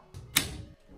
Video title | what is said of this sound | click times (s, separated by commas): How to Finish a Basement From Start to Finish! (DIY Basement Renovation and Remodeling Guide) | and there's tabs that you're going to force into place and you should hear an audible click when it interlocks properly | 0.4 s